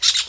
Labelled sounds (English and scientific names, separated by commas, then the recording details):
Brown-throated Parakeet (Eupsittula pertinax) contact call
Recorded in Venezuela
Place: Guárico; Corozopando; Fundo La Fe
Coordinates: 8.506, -67.593